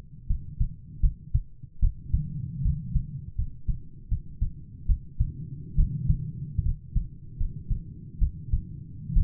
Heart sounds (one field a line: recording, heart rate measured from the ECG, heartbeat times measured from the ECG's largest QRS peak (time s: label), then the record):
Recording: heart sounds by stethoscope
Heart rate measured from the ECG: 74 bpm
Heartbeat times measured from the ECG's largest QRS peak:
0.27 s: heartbeat
1.01 s: heartbeat
1.80 s: heartbeat
2.62 s: heartbeat
3.35 s: heartbeat
4.08 s: heartbeat
4.86 s: heartbeat
5.76 s: heartbeat
6.63 s: heartbeat
7.37 s: heartbeat
8.19 s: heartbeat
9.13 s: heartbeat
From the record:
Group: healthy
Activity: rest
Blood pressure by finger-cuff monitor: 108/53 mmHg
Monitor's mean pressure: 65 mmHg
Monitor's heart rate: 78 bpm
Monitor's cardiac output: 9.2 L/min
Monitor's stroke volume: 120 mL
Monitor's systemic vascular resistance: 500 dyn s/cm5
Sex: male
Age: 22 years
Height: 185 cm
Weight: 112.4 kg